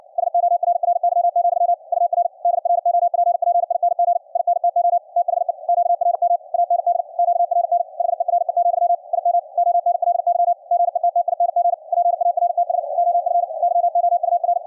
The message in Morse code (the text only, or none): SORRY, UR DROPPING INTO THE QRM AND QRN HERE, IM ONLY GETTING PARTS OF YOUR